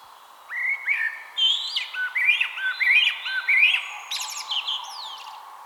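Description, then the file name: Common blackbird singing a run of liquid, fluty notes that step up and down, finished with a squeaky, chattering flourish. "Turdus merula"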